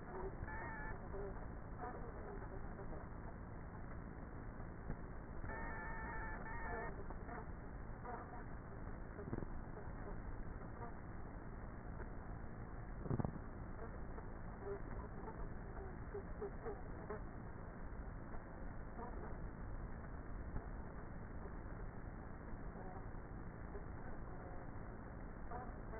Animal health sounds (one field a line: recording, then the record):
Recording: honeybee colony, microphone inside the hive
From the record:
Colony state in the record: queenless with a low population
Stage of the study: before two queens were removed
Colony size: about 30,000 bees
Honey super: no